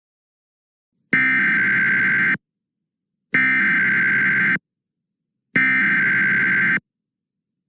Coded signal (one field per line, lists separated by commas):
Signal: Emergency Alert System (SAME) tones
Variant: header bursts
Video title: *READ DESC* Caseoh jumps and causes an earthquake ( EAS Scenario )